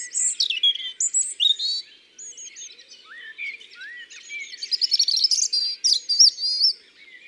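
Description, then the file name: European robin song of wavering whistles and liquid twitters that swell into a fast, sparkling trill near the end, delivered in short, uneven bursts. "Rougegorge familier ABC des chants doiseaux"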